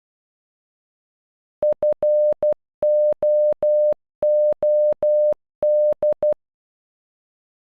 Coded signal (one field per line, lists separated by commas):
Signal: Morse code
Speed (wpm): 12 wpm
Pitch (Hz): 600 Hz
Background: none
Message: FOOD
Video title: Food in Morse code